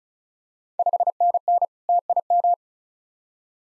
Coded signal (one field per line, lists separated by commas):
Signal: Morse code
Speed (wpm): 34 wpm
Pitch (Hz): 700 Hz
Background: none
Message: 5NN TIM